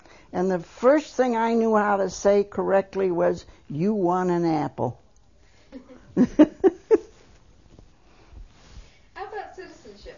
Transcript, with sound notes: And the first thing I knew how to say correctly was, "You want an apple." (They laugh.)
How about citizenship?